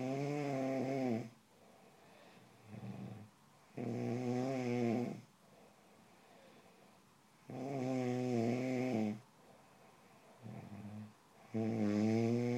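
Loud, low, buzzing snores of about two seconds each alternate with softer breathing sounds, at a steady rate of roughly 15 breaths a minute, from an adult sleeper.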